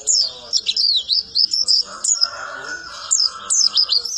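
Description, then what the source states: White-eye singing in bursts of thin, high, sweeping notes, rising and falling quickly, separated by short gaps. Long, melodious song.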